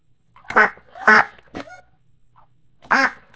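Duck quacking: two loud, harsh, nasal quacks, then a shorter third, a pause, and one more quack.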